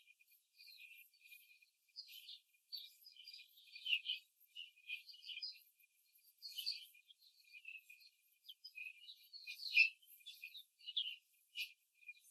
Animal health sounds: young laying hens in a cage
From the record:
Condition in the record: control cage, before the stress test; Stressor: none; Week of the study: 4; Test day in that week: 1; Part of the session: 3

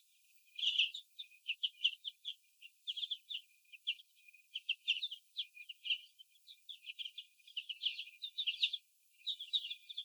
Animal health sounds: young laying hens in a cage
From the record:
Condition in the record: before the stressor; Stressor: sudden umbrella opening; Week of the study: 2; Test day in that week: 1

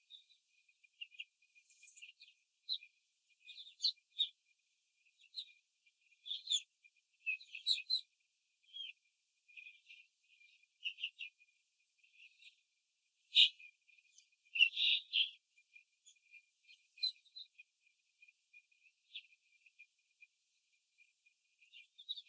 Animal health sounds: young laying hens in a cage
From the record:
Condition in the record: control cage, after the stress test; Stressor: none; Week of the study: 4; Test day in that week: 3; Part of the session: 4

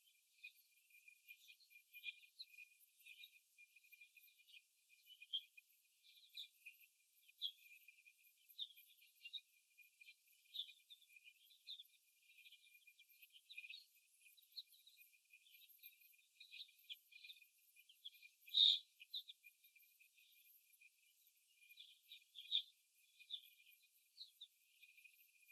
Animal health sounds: young laying hens in a cage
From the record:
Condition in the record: before the stressor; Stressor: simulated dog barking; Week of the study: 1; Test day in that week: 2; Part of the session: 4

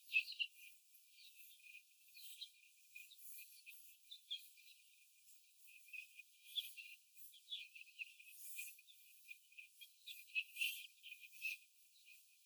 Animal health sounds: young laying hens in a cage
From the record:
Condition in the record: after the stressor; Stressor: simulated dog barking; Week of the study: 4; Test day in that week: 1

